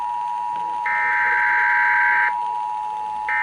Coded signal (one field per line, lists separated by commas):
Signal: Emergency Alert System (SAME) tones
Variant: header bursts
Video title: So Close... 2X FLWs on WXJ84, WKWS & WVAF (1/1/22) EAS 528-533